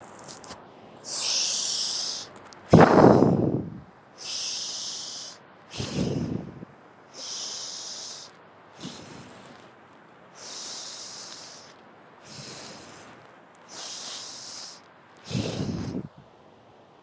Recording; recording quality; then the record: deep breathing; excellent, no background noise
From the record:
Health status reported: healthy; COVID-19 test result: not tested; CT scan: not taken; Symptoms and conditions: none ticked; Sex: female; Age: 47 years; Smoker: no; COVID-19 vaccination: both doses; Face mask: not worn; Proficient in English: yes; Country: India